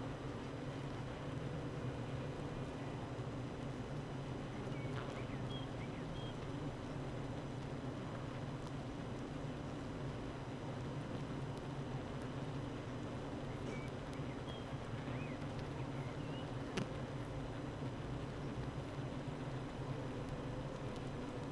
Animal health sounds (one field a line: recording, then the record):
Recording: honeybee colony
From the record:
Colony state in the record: active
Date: 12 June 2018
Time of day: 8:48